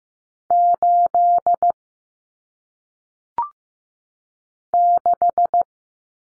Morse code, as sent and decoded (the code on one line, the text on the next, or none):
---.. / -....
8 6